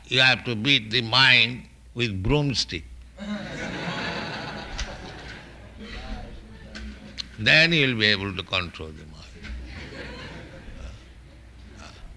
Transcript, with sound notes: you have to beat the mind with broomstick." [laughter] Then you will be able to control the mind.